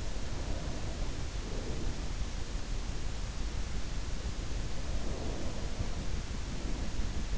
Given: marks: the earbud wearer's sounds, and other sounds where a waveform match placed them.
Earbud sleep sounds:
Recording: sounds in sleep by an in-ear microphone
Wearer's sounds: breath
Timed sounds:
0.20-2.71 s: breath
4.99-7.38 s: breath

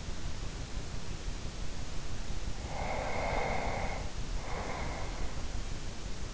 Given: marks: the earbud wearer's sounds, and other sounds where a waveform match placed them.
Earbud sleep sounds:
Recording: sounds in sleep by an in-ear microphone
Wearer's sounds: breath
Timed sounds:
2.67-5.61 s: breath

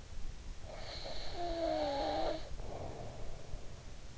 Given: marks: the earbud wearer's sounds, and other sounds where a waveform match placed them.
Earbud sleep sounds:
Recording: sounds in sleep by an in-ear microphone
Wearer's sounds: snoring breath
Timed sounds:
0.32-3.89 s: snoring breath

